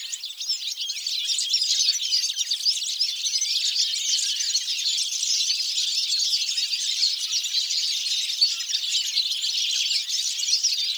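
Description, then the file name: European goldfinch calls: a dense, unbroken twittering of many high, liquid chirps overlapping throughout, with no other clear sounds. "Carduelis carduelis"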